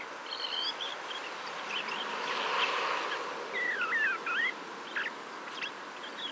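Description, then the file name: Common blackbird giving a short, mellow, fluted phrase that dips and rises midway through, with thin high notes scattered before and after over a steady background hiss. "Turdus merula"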